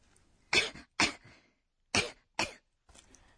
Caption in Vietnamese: Đây là ho húng hắng có phải không ạ? Từ để diễn tả điều này là Cong cong.